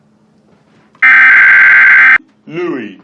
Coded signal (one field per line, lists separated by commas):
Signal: Emergency Alert System (SAME) tones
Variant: header bursts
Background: speech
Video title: autitistc kid outburst but when ever he says anything it's emergency broadcast system noises